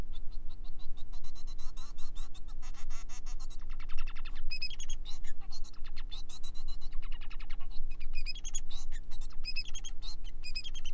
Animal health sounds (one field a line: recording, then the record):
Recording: song of a male Bengalese finch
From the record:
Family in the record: son of father 4